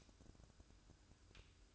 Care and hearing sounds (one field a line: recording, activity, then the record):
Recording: daily activity, microphone in the room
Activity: light off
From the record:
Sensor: 2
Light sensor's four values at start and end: 13/36/15/14 and 9/20/8/9